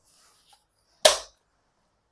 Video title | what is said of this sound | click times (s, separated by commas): 2024년 6월 16일 행복한 공간만들기 셀프 스위치 교체하기 | 딸깍 소리가 나면 완성이 된 상태입니다 | 1.1 s